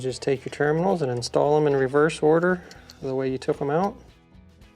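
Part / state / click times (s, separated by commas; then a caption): wire terminal into dryer terminal block / not seated / none. Wire terminals are being handled for installation into the plastic power-cord terminal block of a Whirlpool dryer that will not power on, while someone talks throughout. Nothing has seated or clicked yet; the clip ends just before the terminals lock into place.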